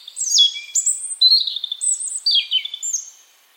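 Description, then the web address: European robin singing a varied, liquid phrase of high whistles, quick trills and sliding notes, shifting pitch abruptly between segments. "Deverinetal 2025 File origin Bird Only Er Ru"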